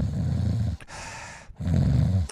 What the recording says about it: When I vibrate my soft palate, it's a deeper, very sort of like you're sawing through trees. Then you have nasopharynx snorers. Much deeper, more aggressive sounding.